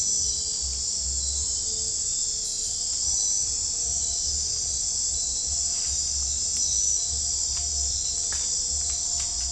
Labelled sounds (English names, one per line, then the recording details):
none
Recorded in dense forest near Puerto Asís, Putumayo, Colombia, on 15 December 2024 at 00:30
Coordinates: 0.499, -76.324
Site G045